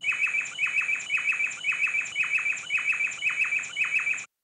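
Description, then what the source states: Bay wren singing a rapid series of short bursts of clipped, descending notes. Male's part of a call-and-response duet between two bay wrens.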